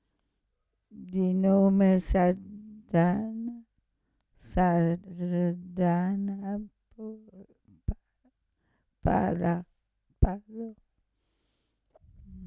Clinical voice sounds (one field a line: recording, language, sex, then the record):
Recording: read passage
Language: Italian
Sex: female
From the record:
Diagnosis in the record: Parkinson's disease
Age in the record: 65 years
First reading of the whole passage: 242 s, 2.1 characters per second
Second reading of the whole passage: 180 s, 2.9 characters per second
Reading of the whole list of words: 168 s, 1.7 characters per second